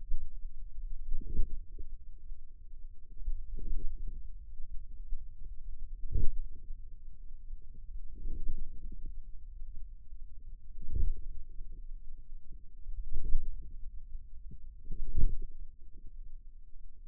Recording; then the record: forearm muscle sounds (acoustic myography)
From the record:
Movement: hand closing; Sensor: system 2, bracelet of six BSWA MPA416 microphones around the upper forearm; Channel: 2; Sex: female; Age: 22 years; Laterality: right